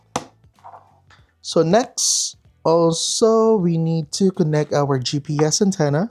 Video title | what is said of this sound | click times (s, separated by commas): 13.1 Inches Android Headunit Install on 5th Gen Toyota RAV4 - Cartrimhome | plug it in there just make sure it clicks | 0.2 s